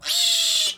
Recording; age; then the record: pig call; piglet (1 to 25 days)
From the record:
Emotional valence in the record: negative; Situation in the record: restrain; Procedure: sham castration, fixation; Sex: male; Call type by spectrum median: high-frequency call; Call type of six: high-frequency modulated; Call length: 0.78 s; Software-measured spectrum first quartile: 3599 Hz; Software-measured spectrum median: 4461 Hz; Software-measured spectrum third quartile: 6915 Hz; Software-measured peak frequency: 3436 Hz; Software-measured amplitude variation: 111 dB a second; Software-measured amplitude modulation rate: 17.3 a second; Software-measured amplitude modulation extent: 6.4 dB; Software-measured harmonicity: 3.1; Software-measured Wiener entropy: -2.22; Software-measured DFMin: 746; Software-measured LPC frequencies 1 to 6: 799, 1901, 2892, 3449, 4018, 5229 Hz